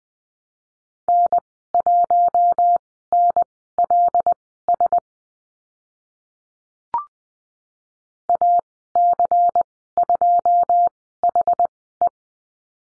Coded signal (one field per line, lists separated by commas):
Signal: Morse code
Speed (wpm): 20 wpm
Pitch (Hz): 700 Hz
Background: none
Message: N1NLS AC2HE